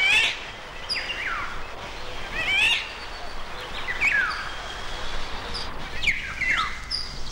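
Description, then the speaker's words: Eurasian golden oriole alarm calls, several harsh scratchy downward cries, with background noise throughout. A duet; the female sensed something wrong and at once gave an alarm signal; at danger the cry is no longer song. "Самка Иволги почувствовала неладное и сразу же сигнал тревоги."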